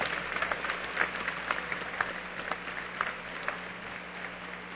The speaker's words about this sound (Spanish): Ahora, denle un aplauso al Señor, y vamos regresando a nuestros lugares.